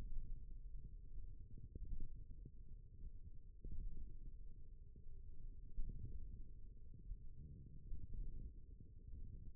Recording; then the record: forearm muscle sounds (acoustic myography)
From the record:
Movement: wrist extension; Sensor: system 1, eight BSWA MPA416 microphones around the upper forearm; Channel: 2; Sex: female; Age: 21 years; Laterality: right